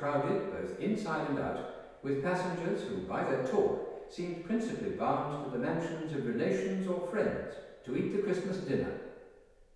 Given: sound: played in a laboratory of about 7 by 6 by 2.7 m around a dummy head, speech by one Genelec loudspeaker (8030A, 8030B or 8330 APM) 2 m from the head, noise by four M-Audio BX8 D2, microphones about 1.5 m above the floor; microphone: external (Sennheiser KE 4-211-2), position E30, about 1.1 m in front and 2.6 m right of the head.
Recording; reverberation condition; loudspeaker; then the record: male speech in English; high; 120 degrees to the left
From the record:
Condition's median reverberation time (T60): about 1300 ms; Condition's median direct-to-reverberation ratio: about -4.0 dB